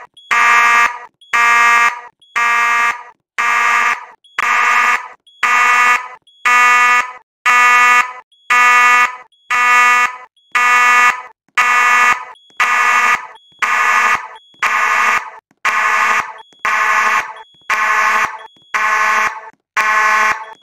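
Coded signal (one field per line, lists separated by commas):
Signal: alarm pattern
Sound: buzzy fire alarm horn pulsing steadily about once per second, about 20 blasts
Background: faint high tone in gaps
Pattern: 20 short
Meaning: Pulsing horn signals a fire alarm and the need to evacuate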